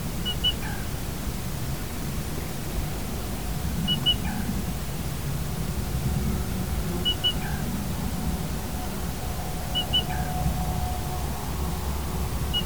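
Black rail calling a three-note ki-ki-doo, two high sharp notes then a lower one, repeated about every three seconds, several times, over steady low rumbling hum.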